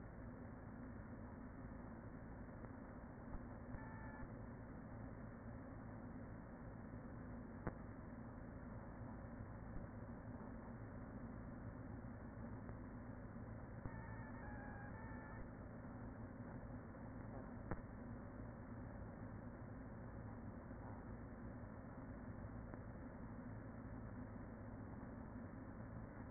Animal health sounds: honeybee colony, microphone inside the hive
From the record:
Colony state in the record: queen present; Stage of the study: after two queens were removed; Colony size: about 40,000 bees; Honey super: no

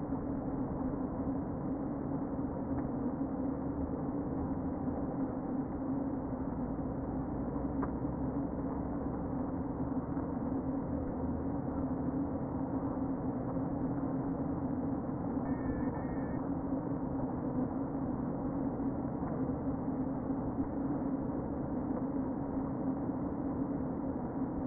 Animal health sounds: honeybee colony, microphone inside the hive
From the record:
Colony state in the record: queen present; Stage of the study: before two queens were removed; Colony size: about 60,000 bees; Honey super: yes

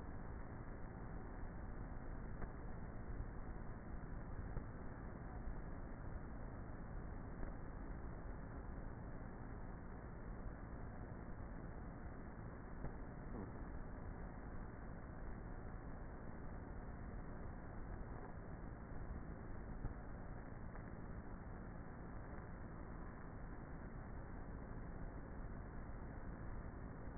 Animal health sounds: honeybee colony, microphone inside the hive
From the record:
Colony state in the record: queenless with a low population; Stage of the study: before two queens were removed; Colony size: about 30,000 bees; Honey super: no

